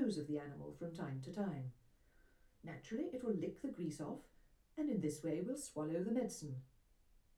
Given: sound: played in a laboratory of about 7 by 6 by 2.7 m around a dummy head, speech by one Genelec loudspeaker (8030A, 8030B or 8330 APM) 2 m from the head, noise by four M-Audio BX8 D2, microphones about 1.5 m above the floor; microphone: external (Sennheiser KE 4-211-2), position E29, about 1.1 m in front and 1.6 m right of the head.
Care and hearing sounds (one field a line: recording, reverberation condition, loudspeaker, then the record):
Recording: female speech in English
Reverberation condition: low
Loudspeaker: 60 degrees to the left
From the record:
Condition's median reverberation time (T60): about 310 ms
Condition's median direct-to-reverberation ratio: about 3.5 dB